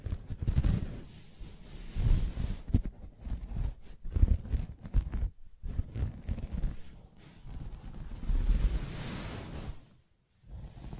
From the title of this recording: Soft Fabric Surface Tapping & Scratching